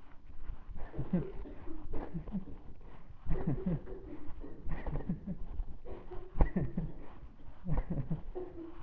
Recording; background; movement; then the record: laughter; a bystander coughing; walking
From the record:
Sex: male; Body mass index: 20.5 kg/m2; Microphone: on the chest, facing the body